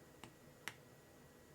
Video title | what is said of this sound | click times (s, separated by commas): NOT a JOKE this time - Samsung Galaxy Power Button Fix | here about a double click and you know you got a good attached | 0.2 s, 0.7 s